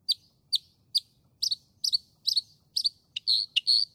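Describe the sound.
Northern mockingbird singing high, sharp chip notes repeated about twice a second, then switching to doubled notes and longer, richer phrases near the end.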